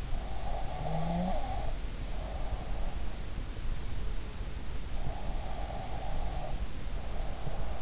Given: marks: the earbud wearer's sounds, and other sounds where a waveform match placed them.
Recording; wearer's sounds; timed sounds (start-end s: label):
sounds in sleep by an in-ear microphone; breath, snoring breath
0.32-2.93 s: breath
0.88-1.50 s: snoring breath
5.17-7.82 s: breath